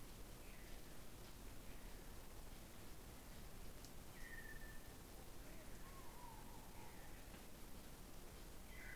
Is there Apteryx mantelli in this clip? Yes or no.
no